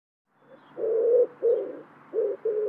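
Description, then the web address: Bird giving low, hollow cooing notes: a faint short one, then four fuller coos with short pauses between them. "cianscape birddata Deverinetal 2025 Bird Co Pa"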